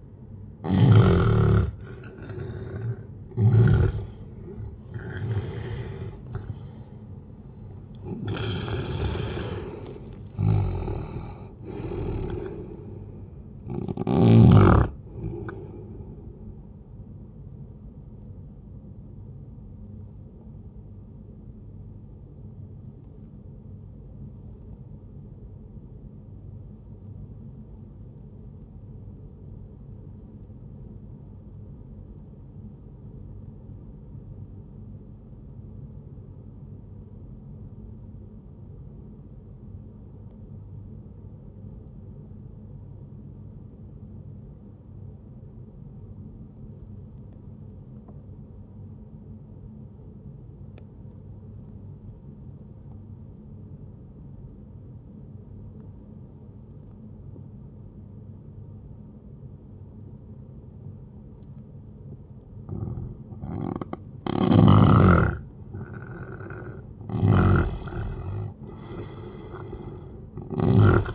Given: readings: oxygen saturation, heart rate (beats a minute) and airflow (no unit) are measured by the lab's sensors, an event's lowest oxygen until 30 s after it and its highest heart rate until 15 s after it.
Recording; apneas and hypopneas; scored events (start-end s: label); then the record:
breathing in sleep by a smartphone at the bedside; 1
24.00-63.10 s: obstructive apnea (N1, oxygen 98% highest, then 88% lowest, heart rate 63 at the start, 77 highest)
40.00-70.00 s: new sleep stage, N2 (light sleep)
70.00-71.15 s: new sleep stage, N1 (lightest sleep)
From the record:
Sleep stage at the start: N1 (lightest sleep); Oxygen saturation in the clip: 90 to 98%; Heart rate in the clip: 60 to 81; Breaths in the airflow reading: 8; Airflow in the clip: -12.1 to 16.7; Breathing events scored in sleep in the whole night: 131 in 7.2 hours asleep